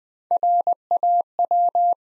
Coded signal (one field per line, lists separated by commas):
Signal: Morse code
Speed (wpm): 20 wpm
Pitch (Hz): 700 Hz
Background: none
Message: RAW